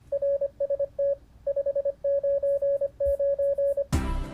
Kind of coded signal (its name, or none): Morse code